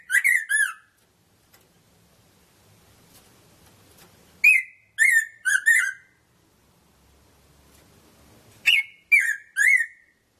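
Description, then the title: Red-throated parrotfinch calls: three clusters of a few ringing, harmonic notes, spaced roughly four seconds apart with near silence between. "Erythrura Psittacea"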